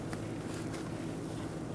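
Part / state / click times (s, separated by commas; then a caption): spark plug wire boot onto spark plug / not seated / none. A spark plug wire's rubber boot is being handled at the spark plug in the engine bay of a 2000–2007 Ford Taurus. A steady low hum runs throughout, with one brief sharp tick at 0.1 s. Nothing has seated or clicked yet.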